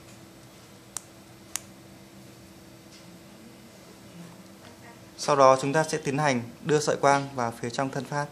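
Both ends of the clamp lock on the plastic body of a Fujikura field-installable optical fiber fast connector for loose-tube cable are pressed down from above to open it before the fiber is inserted. Two sharp clicks sound at 0.97 s and 1.56 s as the clamp releases open, followed by quiet and then someone talking from about 5.2 s.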